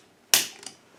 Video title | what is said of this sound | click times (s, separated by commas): R380 suffix L overhaul Part 10 Assembling 5th and reverse | oh did you hear that snapping that were lovely | 0.3 s